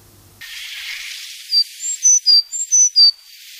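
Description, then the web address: Sakhalin leaf warbler singing a run of clear, high, thin whistles that alternate between pitches in quick three-note groups, with steady background hiss before the notes begin. "sikioto. ezomushikui"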